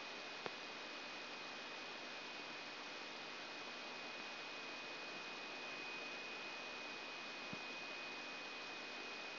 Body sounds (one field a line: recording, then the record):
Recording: brain microelectrode recording played as sound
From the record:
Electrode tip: outside the subthalamic nucleus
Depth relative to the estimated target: -6 mm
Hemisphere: right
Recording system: AlphaMap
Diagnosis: Parkinson's disease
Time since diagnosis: 7 years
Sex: female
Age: 56 years